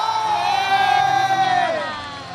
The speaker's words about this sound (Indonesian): Oh iya, emang pada saat latihan tadi, boleh-boleh-boleh tepuk tangan untuk